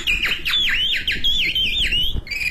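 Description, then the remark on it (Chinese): A caged bird, in a cage held by an old man in a small courtyard in Dashilan Shijing Hutong, calls loudly in a bright, continuous warble, its high whistled notes sweeping up and down in quick repeated loops over a faint background hiss. “我一进来就听见这鸟叫。”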